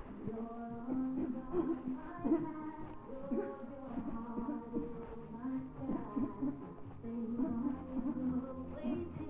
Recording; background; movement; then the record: throat clearing; music; walking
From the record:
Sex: female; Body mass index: 36.4 kg/m2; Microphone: on the chest, facing the body